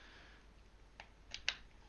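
A RAM memory stick is pushed down from both ends into a motherboard DIMM slot, giving a faint tap near 1.0 s and then two sharp clicks at 1.3 s and 1.5 s as the retention latches snap shut. The module is seated and installed.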